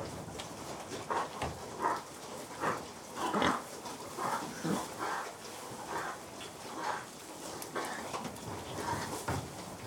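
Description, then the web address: Pigs giving many repeated, irregular grunts. General atmosphere of about 20 pigs together. "BBC Sound Effects Library. General Atmosphere Of Approx 20"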